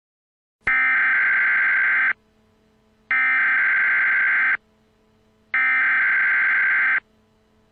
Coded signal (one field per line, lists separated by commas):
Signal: Emergency Alert System (SAME) tones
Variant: header bursts